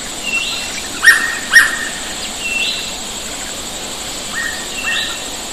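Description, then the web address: Hooded pitta double whistles, two sharp notes half a second apart, then softer paired whistles later, over steady insect hiss and brief higher chirps. Recorded 4 February 2005. "20050204 hooded pitta"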